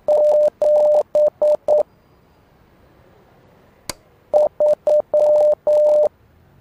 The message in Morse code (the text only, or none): 7 3